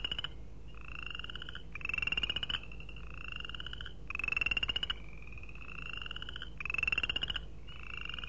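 Chorus frogs giving short, rising, ratchet-like pulsed trills in quick succession, more than one caller alternating, over a low background hum.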